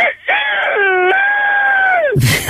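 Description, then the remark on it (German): A voice imitates a rooster's crow: one long, strained, high-pitched call that dips, holds a steady tone, then bends down and breaks off into a breathy rasp. “Und ich wollte ja noch den Hahn machen.”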